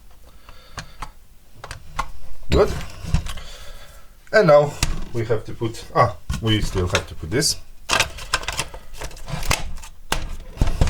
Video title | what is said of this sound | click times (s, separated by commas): NESPRESSO U - Clean diffuser plate EASY - No more leaking water | Clicks in place | 10.1 s